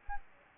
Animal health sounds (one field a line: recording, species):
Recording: mosquito wingbeat signal from an infrared sensor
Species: Anopheles gambiae